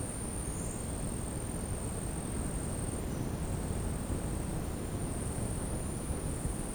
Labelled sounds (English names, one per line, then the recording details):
none
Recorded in dense forest near Puerto Asís, Putumayo, Colombia, on 20 February 2024 at 11:30
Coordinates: 0.486, -76.316
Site G6437